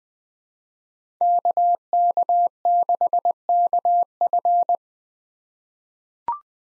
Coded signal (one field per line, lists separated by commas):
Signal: Morse code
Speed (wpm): 20 wpm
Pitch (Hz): 700 Hz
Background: none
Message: KK6KF